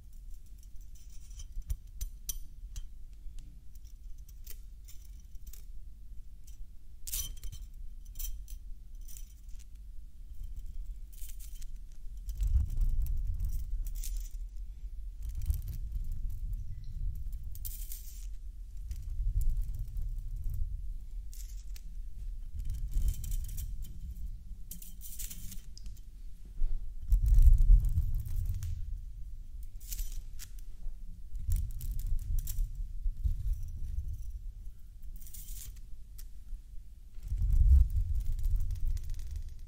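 A metal toy is handled and played with, giving light jingling clinks over low rumbling thumps that swell and fade every few seconds.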